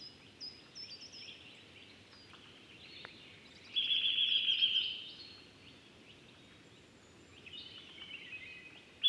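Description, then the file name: Eurasian nuthatch producing one clear quick trill of about a second, with faint high notes scattered around it and a low hiss throughout. "Sitta europaea"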